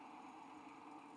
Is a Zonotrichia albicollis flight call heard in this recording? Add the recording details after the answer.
no. No flight call is heard. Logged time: 01:52 on 5 December 2014